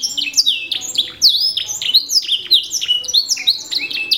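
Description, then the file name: Canary song: a rapid, continuous stream of high sweeping chirps and downslurred whistled notes, tumbling without pause through the whole stretch. Tasmania canary type, a domestic canary variety. "kenari tazmania omkicau"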